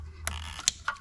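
During reassembly after an oil pressure sensor replacement on a Maserati Ghibli, an engine wiring harness retaining clip is pressed onto its mount. A faint tick at 0.3 s comes before a sharp, bright snap at 0.7 s as the clip seats into place.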